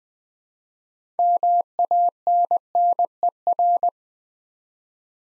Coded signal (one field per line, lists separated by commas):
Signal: Morse code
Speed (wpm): 20 wpm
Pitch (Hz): 700 Hz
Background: none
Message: MANNER